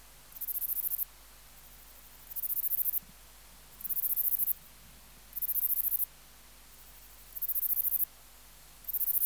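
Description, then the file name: Catalan bush-cricket song: high, dry pulsed buzzes each lasting under a second, repeated at a steady rate. "Steropleurus catalaunicus"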